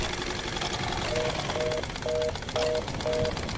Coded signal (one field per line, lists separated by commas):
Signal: telephone call progress tone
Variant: North America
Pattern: reorder tone